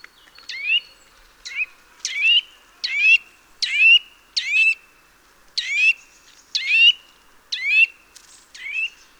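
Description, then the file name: Eurasian nuthatch calling steadily, a series of loud, sharp notes at a brisk, somewhat irregular pace. "Sitta europaea"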